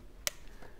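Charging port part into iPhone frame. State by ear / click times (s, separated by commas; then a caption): seated / 0.3 s. A replacement charging port part for an iPhone 12 is lined up square and pressed into the phone's frame. One sharp click sounds at 0.3 s, the snap of the part seating in place, with only faint background noise around it.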